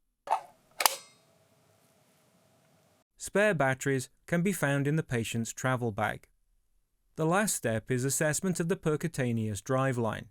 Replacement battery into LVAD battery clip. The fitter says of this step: Push the battery into the clip until you hear the battery click into place.